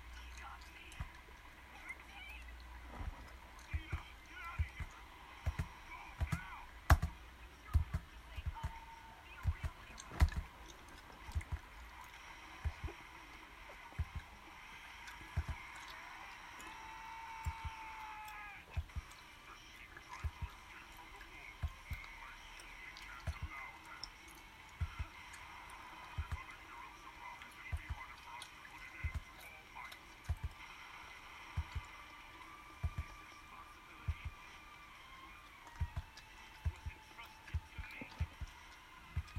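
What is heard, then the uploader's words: Chewing and crunching sounds come in quick, uneven clicks that run the whole way through, with sharper bursts near 7 and 10 seconds. Behind them an anime plays on, its voices and tones murmuring steadily, with a thin low hum underneath. Sʟᴜʀᴘɪɴɢ, ᴄʜᴇᴡɪɴɢ, ᴄʀᴜɴᴄʜɪɴɢ, ᴛʏᴘɪɴɢ, sᴛɪʀʀɪɴɢ ᴀɴᴅ ᴀʟsᴏ ᴀɴɪᴍᴇ ɪɴ ᴛʜᴇ ʙᴀᴄᴋɢʀᴏᴜɴᴅ.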